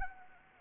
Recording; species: mosquito wingbeat signal from an infrared sensor; Anopheles arabiensis